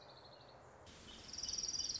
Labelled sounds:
Orange-crowned Warbler (Leiothlypis celata)
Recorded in Sonoma County, California

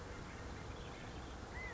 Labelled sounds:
California Quail (Callipepla californica)
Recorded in Sonoma County, California

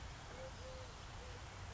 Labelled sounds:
Eurasian Collared Dove (Streptopelia decaocto)
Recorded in Sonoma County, California

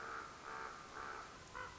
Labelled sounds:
Common Raven (Corvus corax)
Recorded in Sonoma County, California

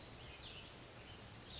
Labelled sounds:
Cassin's Vireo (Vireo cassinii)
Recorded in Sonoma County, California

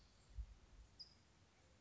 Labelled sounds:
California Towhee (Melozone crissalis)
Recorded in Sonoma County, California

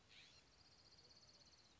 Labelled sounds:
California Scrub-Jay (Aphelocoma californica)
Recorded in Sonoma County, California

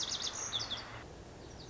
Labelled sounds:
Lazuli Bunting (Passerina amoena)
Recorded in Sonoma County, California

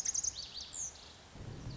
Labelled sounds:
Lazuli Bunting (Passerina amoena)
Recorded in Sonoma County, California

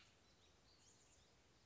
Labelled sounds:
Chestnut-backed Chickadee (Poecile rufescens)
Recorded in Sonoma County, California

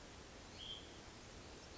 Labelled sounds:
Hutton's Vireo (Vireo huttoni)
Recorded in Sonoma County, California

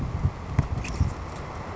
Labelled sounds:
Savannah Sparrow (Passerculus sandwichensis)
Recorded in Sonoma County, California

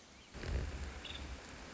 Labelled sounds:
Nuttall's Woodpecker (Dryobates nuttallii)
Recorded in Sonoma County, California

